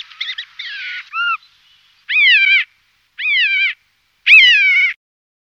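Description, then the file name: Siberian jay giving mewing calls: a few quick scratchy notes, then three loud cat-like mews, arched then falling, about one second apart. "Kuksha"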